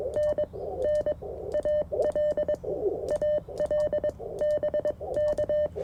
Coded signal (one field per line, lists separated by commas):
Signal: Morse code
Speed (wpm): 21 wpm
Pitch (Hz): 600 Hz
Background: none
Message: NN AL AL BK